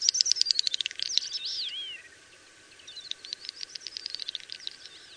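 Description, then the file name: Common snipe giving rapid, repeated ticking notes, several per second, then a pause before the ticking resumes more softly. "Beccaccino"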